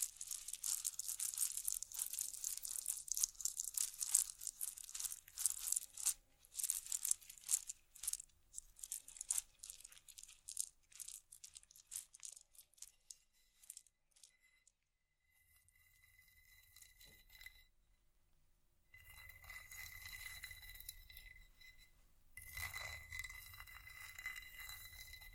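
Rapid scratching and tapping on vinyl and wood fill the first eight seconds, dense bright clicks that thin out and fade by about fifteen seconds. After a near-silent gap, a steady whine with a low rumble enters, breaks briefly, then returns louder around nineteen seconds.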